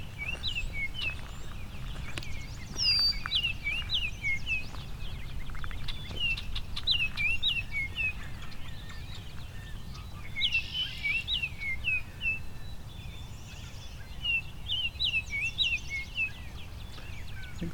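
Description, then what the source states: Baltimore Oriole song, repeated short whistled phrases, overlapped by chirpy songs of other birds against a steady outdoor hiss. Thought to be a young bird, almost more yellow than orange; singing in front of the recordist among many other birdsongs; Fifty Point Conservation Area, May 16, 2020.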